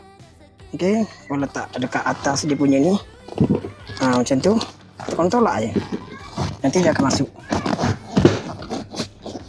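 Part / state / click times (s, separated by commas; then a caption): rear seat cushion into car seat base / not seated / none. Someone talks while a rear seat cushion is pushed down into place on the seat base of a Bezza car, with short handling thumps and knocks around 3.3 to 3.6 s and 7.5 to 8.3 s. The cushion is only being positioned, and nothing has seated or clicked yet.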